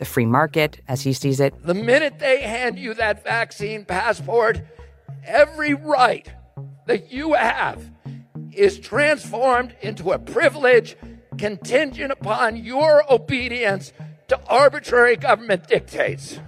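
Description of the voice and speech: An adult man gives a fluent political speech at a public campaign event in a tight, strained voice that sounds rugged and rough, almost hoarse, and sits unusually high in pitch, with brief catches and drawn-out sounds between words. These fit spasmodic dysphonia, a neurological voice disorder causing spasms of the vocal cords.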